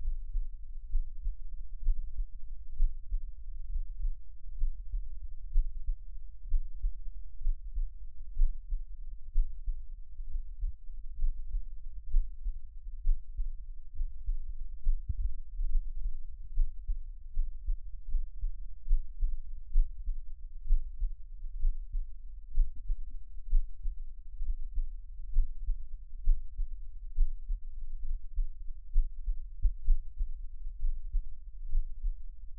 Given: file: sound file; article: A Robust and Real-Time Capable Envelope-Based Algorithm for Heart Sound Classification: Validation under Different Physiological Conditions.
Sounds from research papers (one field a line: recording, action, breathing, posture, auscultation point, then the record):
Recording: heart sounds by electronic stethoscope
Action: rest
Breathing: normal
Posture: sitting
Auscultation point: sternum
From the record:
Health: healthy, no known heart disease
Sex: male